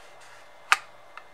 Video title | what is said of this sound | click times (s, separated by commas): N82 Tactical Holsters - Pro and Original | hear that click, that thunk. | 0.7 s